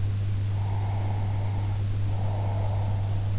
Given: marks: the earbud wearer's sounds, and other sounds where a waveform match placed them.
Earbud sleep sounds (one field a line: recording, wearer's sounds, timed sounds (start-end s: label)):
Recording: sounds in sleep by an in-ear microphone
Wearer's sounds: breath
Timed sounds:
0.57-3.32 s: breath